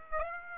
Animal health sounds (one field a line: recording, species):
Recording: mosquito wingbeat signal from an infrared sensor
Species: Aedes aegypti